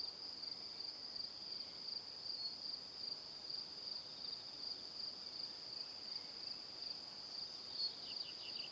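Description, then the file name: Crickets chirping in a steady high trill, joined near the end by a brief quick series of faint falling notes, over soft hiss. Crickets chirping in the evening. "Calm - Evening Crickets"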